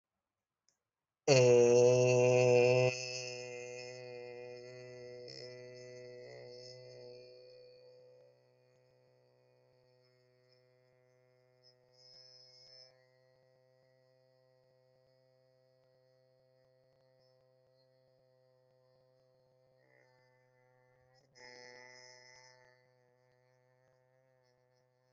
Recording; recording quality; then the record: sustained vowel as in made; excellent, no background noise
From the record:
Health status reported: healthy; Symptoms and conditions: none ticked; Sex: male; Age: 21 years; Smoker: not ticked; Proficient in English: no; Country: India